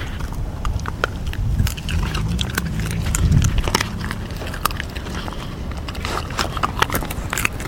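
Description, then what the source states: Dog crunching a bone, frequent sharp cracks and snaps with a low steady hum underneath. Mongrel dog feeding, gnawing bones.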